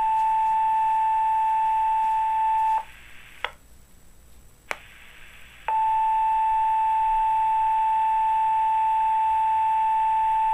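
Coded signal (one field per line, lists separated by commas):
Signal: pager alert tone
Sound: long steady mid-pitch tone, brief quiet gap with clicks, then the same tone again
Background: radio static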